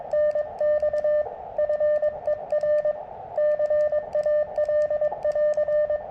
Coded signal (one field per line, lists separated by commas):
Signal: Morse code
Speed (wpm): 21 wpm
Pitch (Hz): 600 Hz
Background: radio noise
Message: NX FER CAL<AR>